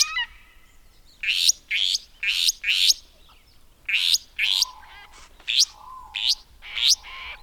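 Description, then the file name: Restless flycatcher calling: loud grating notes that rise sharply, delivered in groups of two to four with short pauses, and a faint low whistle in the background. "Myiagra Inquieta"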